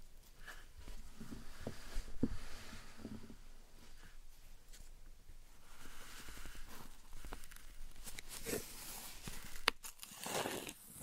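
Slime and sand being handled, with soft squishing, crackling and gritty rustling that come in irregular bursts throughout. The sounds grow brighter and denser after about eight seconds, with a few sharp clicks and pops near the end.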